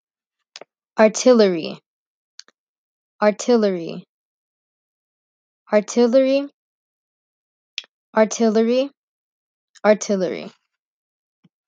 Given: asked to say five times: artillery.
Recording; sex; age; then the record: repeated word; female; 20 to 29 years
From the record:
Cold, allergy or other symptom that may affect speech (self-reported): no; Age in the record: 21 years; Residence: California, United States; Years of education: 15